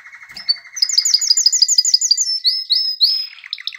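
Canary singing a low rattling roll, then a quick run of bright repeated notes and slower, drawn-out whistled slurs.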